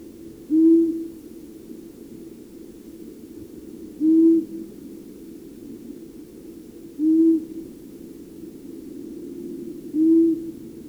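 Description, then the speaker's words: Long-eared owl calling with four low, brief hoots spaced roughly every three seconds, steady and monotonous, with faint hiss behind. Common in years with plenty of voles and mice, nearly absent in poor vole years. "Tämä ääntelijä oli sarvipöllö."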